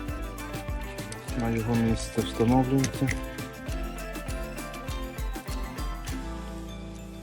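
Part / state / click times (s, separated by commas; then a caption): wiper blade adapter onto car wiper arm / not seated / none. A new ARMER ARM-21HB 530 mm hybrid wiper blade, supplied with four adapters, is being handled: its plastic adapter is fitted onto the metal car wiper arm in place of the old blade. Someone talks over background music. Nothing has seated or clicked yet.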